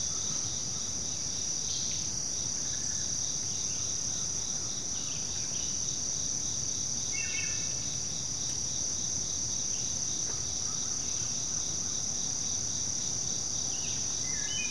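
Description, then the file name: Crickets in a continuous high, steady chorus with a pulsing band beneath, while scattered bird chirps and short calls come and go over a constant low rumble. Continual chorus of crickets in forest ambience, with other insects and birds. "kevin boucher nature forest ambience continual chorus crickets other insects birds"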